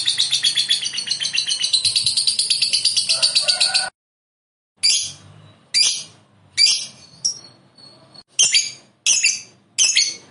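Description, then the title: Lovebird song: rapid, high chattering for about four seconds, then a short silence, followed by several separate sharp, harsh bursts. "Suara Lovebird"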